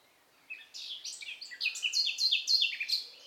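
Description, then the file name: Eurasian blackcap song: scratchy warbling notes followed by a string of loud, fluty whistled notes repeated rapidly. "Sylvia atricapilla"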